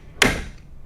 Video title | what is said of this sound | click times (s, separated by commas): ULTRA Affordable Pedal Drive Kayak Feelfree Moken 10 PDL Fishing Kayak | got I hear the click oh so you don't it's you just hear it you don't have to see it yeah | 0.2 s